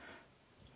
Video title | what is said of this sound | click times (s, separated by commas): Распаковал и протестировал вещь, полезную в хозяйстве - мясорубку Polaris PMG2546 | Вот, вот так защелкивается это дело. | 0.7 s